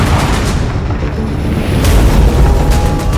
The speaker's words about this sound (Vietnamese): Quân binh xả pháo vào quả ngưu. Trâu nghe tiếng nổ lớn, liền sợ hãi mà giạt qua hai bên.